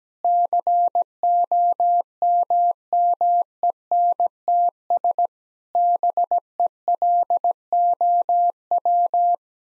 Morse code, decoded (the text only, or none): COMMENTS BELOW